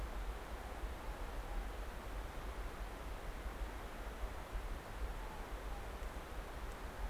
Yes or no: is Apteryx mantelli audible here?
no